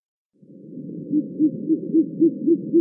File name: Bolotnaya sova